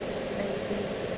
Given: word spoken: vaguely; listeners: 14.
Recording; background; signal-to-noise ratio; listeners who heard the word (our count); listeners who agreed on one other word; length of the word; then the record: one English word in noise, from a listening test; speech-shaped noise; -4.8 dB; 0 of 14; 7 of 14; 0.78 s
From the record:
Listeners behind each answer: 7, 3, 2, 1, 1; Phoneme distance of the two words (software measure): 27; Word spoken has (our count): 2 syllables, 5 phonemes, stress on syllable 1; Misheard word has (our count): 2 syllables, 4 phonemes, stress on syllable 1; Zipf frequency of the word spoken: 3.47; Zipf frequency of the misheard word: 5.61